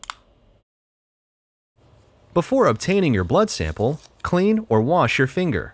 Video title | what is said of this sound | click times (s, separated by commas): Glucometer Setup Guide - Remote Patient Monitoring | the handle until it clicks before | 0.0 s, 0.1 s